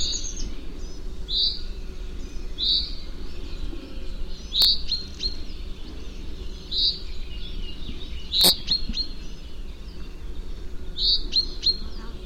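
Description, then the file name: Common chaffinch giving a series of single sharp call notes at irregular intervals, with two loud clicks, over background noise. "Fringilla coelebs"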